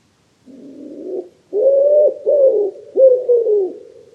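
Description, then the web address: Common wood pigeon cooing: a soft low opening note, then a series of hoarse, slightly falling coos, with the loudest notes in quick succession. "cianscape. Deverinetal 2025. Bird Only"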